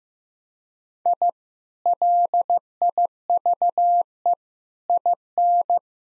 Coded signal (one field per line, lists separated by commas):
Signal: Morse code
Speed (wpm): 16 wpm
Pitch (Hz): 700 Hz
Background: none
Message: I LIVE IN